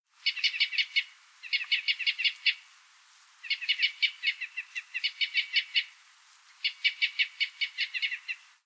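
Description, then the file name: Red crossbill gives bursts of rapid, sharp chipping notes, repeated several times with short pauses between. "fichtenkreuzschnabel"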